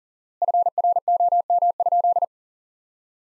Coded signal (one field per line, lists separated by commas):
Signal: Morse code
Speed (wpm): 40 wpm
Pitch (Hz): 700 Hz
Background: none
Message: FROM?